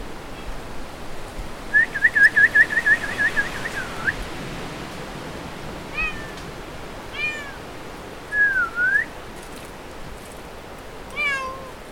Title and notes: DJ Ancient #7-Small Talk With Birds & Other Creatures Too. Small talk (about the weather) with a small bird. A cat interferes. Flores, Azores